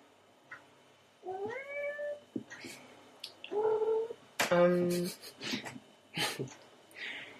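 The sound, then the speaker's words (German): A small cat meows several times in a row, a rising, wavering mew followed by a longer, louder, strained yowl and shorter cries, with faint breathy noises in between. “Die kleine Katze ist da und macht Theater.”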